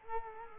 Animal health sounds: mosquito wingbeat signal from an infrared sensor; Culex quinquefasciatus

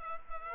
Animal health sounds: mosquito wingbeat signal from an infrared sensor; Culex pipiens

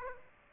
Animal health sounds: mosquito wingbeat signal from an infrared sensor; Aedes aegypti

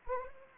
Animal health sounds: mosquito wingbeat signal from an infrared sensor; Anopheles arabiensis

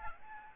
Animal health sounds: mosquito wingbeat signal from an infrared sensor; Aedes albopictus

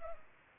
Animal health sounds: mosquito wingbeat signal from an infrared sensor; Culex pipiens

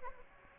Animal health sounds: mosquito wingbeat signal from an infrared sensor; Aedes aegypti

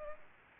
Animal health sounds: mosquito wingbeat signal from an infrared sensor; Culex pipiens

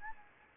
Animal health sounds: mosquito wingbeat signal from an infrared sensor; Anopheles gambiae

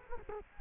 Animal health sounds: mosquito wingbeat signal from an infrared sensor; Culex quinquefasciatus

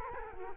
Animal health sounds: mosquito wingbeat signal from an infrared sensor; Culex quinquefasciatus

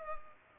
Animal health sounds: mosquito wingbeat signal from an infrared sensor; Culex pipiens

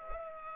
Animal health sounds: mosquito wingbeat signal from an infrared sensor; Culex pipiens

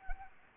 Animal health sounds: mosquito wingbeat signal from an infrared sensor; Anopheles arabiensis

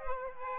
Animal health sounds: mosquito wingbeat signal from an infrared sensor; Aedes aegypti

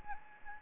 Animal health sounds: mosquito wingbeat signal from an infrared sensor; Anopheles gambiae

